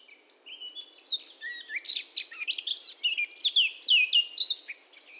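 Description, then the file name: Eurasian blackcap song: a soft start building into loud, fluty, rapidly changing warbled phrases, fading near the end. "Sylvia atricapilla"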